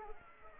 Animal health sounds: mosquito wingbeat signal from an infrared sensor; Aedes aegypti

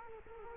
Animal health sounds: mosquito wingbeat signal from an infrared sensor; Culex quinquefasciatus

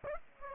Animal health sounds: mosquito wingbeat signal from an infrared sensor; Aedes aegypti

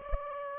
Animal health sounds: mosquito wingbeat signal from an infrared sensor; Aedes aegypti

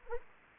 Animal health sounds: mosquito wingbeat signal from an infrared sensor; Anopheles arabiensis

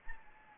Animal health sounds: mosquito wingbeat signal from an infrared sensor; Anopheles arabiensis

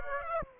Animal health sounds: mosquito wingbeat signal from an infrared sensor; Aedes aegypti

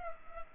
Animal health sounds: mosquito wingbeat signal from an infrared sensor; Culex pipiens

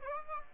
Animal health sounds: mosquito wingbeat signal from an infrared sensor; Aedes aegypti

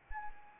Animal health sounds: mosquito wingbeat signal from an infrared sensor; Anopheles arabiensis

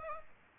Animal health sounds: mosquito wingbeat signal from an infrared sensor; Aedes aegypti

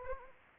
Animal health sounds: mosquito wingbeat signal from an infrared sensor; Anopheles arabiensis

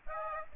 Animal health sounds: mosquito wingbeat signal from an infrared sensor; Aedes aegypti

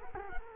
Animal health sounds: mosquito wingbeat signal from an infrared sensor; Culex quinquefasciatus

